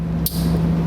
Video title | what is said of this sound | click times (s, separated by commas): etrailer - Trailer Wiring Harness Installation - 2016 Chevrolet Traverse C56245 | once we get it slid in listen for the snap then we know it's locked nice and tight | 0.3 s